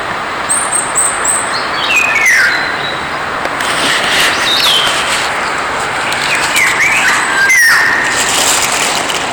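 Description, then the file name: Eurasian golden oriole song, fluty whistled phrases sliding down around 2 and 7.5 seconds, with high thin chirps from another bird and steady vehicle rumble throughout. Recorded 21 July 2020. "20200721-pirol"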